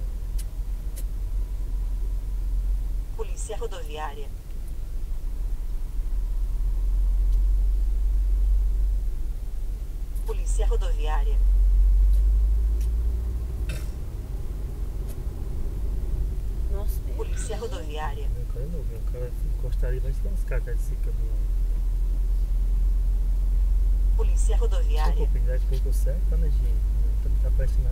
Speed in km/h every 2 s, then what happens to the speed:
7, 6, 6, 6, 6, 8, 10, 13, 13, 10, 7, 7, 8, 11.
0-8 steady at about 6. 8-14 speeds up to 13. 14-23 slows to 7.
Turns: none.